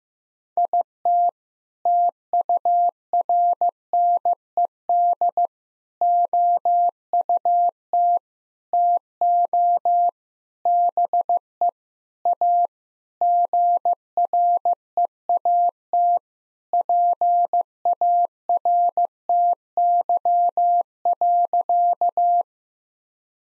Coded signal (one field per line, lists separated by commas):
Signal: Morse code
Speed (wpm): 15 wpm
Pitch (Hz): 700 Hz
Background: none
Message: IT TURNED OUT TO BE A GREAT PARTY.